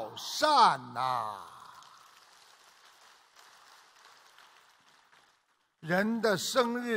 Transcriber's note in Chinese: 掌声